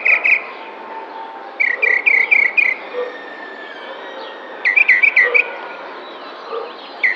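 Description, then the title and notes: Tropical mockingbird song in bursts of quick, clear chirped notes, separated by pauses of a second or more. Sings in spring in a neighbourhood park in San Cristóbal de Las Casas, Chiapas, May 2021. "Cenzontle tropical que canta en primavera mientras alguien que hace ejercicio pasa a lo lejos en el parque de una colonia en San Cristóbal de Las Casas, Chiapas. Mayo 2021"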